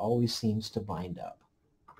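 Someone talks while a steel breech-lock die bushing with sharp, rough threads that tend to bind is twisted into the head of a Lee Auto Breech Lock Pro reloading press. The bushing is only being handled and nothing has seated or clicked into place yet.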